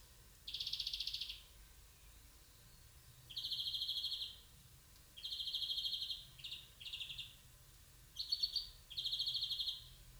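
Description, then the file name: European greenfinch uttering buzzy, rattling call bursts of varying length, some clipped short, spaced irregularly over a quiet background. "Chloris chloris"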